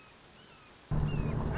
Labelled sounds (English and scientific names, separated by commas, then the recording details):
Red-shouldered Hawk (Buteo lineatus)
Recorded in Sonoma County, California